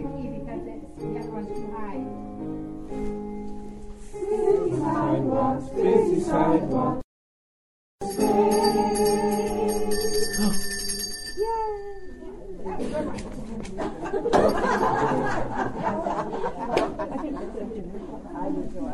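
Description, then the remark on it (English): Small silver bells jingle and ring in bright, shimmering bursts while voices chatter over them, with a short silent break partway through before the ringing picks up again. “Oh, she's gotta get her bells.”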